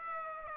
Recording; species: mosquito wingbeat signal from an infrared sensor; Aedes aegypti